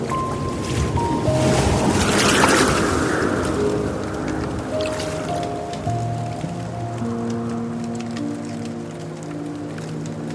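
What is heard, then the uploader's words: Soft, dreamy piano notes ring out and hold over a steady wash of gentle water. The water swells briefly around the second and third seconds, then settles to an even hiss, while long, overlapping low and middle notes drift and change slowly throughout. Dreamy piano and gentle water sounds. Soothing waterfall.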